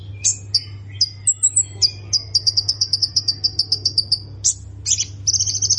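Plain prinia giving scattered high chirps, a brief whistle, then a quick run of sharp repeated notes ending in a dense buzzy trill. Low hum throughout.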